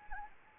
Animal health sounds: mosquito wingbeat signal from an infrared sensor; Anopheles arabiensis

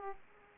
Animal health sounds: mosquito wingbeat signal from an infrared sensor; Aedes aegypti

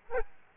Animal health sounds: mosquito wingbeat signal from an infrared sensor; Culex quinquefasciatus

